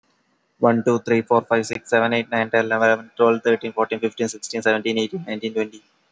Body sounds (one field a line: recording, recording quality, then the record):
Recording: counting at a fast pace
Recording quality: excellent, no background noise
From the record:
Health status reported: COVID-19 positive, mild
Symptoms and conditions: none ticked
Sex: male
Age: 22 years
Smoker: not ticked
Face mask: not worn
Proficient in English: yes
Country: India